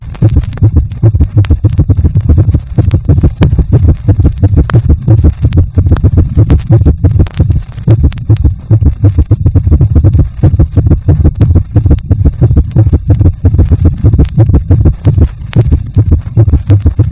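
Dense low-pitched heart sounds arrive at uneven intervals with no steady pattern, heard through a stethoscope over an adult heart. The irregularly irregular rhythm is atrial fibrillation, in which disorganized atrial activity makes the ventricular beats come unpredictably.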